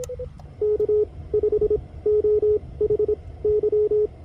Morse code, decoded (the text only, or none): K5OHY